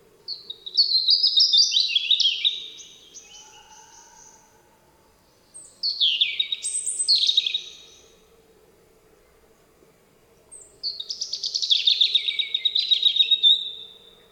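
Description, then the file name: European robin singing three separate phrases of high, liquid warbling and rapid trills, each a few seconds long, with short pauses between; soft low hum in the background. "Rudzik"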